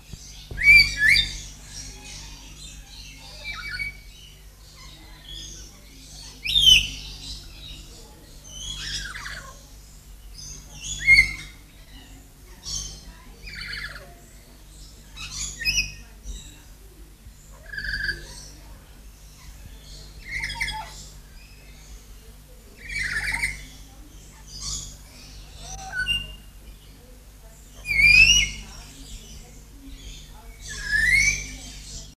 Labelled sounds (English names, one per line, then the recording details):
Black-capped Lory call
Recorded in captivity
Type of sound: call
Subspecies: erythrothorax
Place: Vogelpark Walsrode, Niedersachsen, DE
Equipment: Halbspur, 9,5 cm/s
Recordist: Lütgens, Hans
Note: Rufe